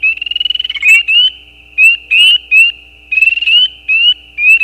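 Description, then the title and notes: Spring peepers peeping: short, rising, piercing whistles from several frogs, opening with a rapid pulsed trill, then bursts of single peeps separated by short gaps. Mating calls of peeper frogs, given as individual calls with gaps; recorded at night at the side of a gravel road. "Peepers peeping. Peeper frogs mating calls - the calls are more individual with gaps in the recording. Recorded at the side of a gravel road at night. Recorded by Anton Pickard. Part of the Music for Sleep project"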